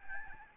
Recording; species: mosquito wingbeat signal from an infrared sensor; Aedes albopictus